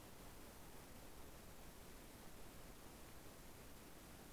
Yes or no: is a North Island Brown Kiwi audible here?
no